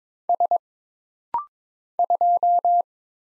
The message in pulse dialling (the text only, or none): none